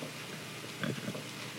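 Short, low, wet grunting and gurgling sounds, ending in a louder rumbling rattle on a breath, over faint room noise. This is the death rattle of a dying adult man in the final moments before he passes: noisy breathing from secretions pooling in the throat.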